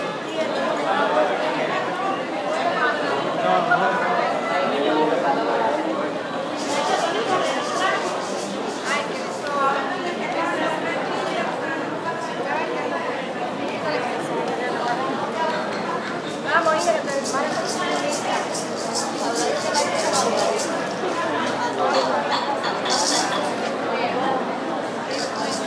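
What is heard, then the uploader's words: A busy pedestrian street in Havana on a weekday afternoon, filled with a steady, dense murmur of many voices talking at once. Sharp bright clicks and clatters come in bursts around seven to nine seconds and again from about seventeen to twenty-four seconds. Calle Obispo, La Habana, Cuba, on a Monday Afternoon.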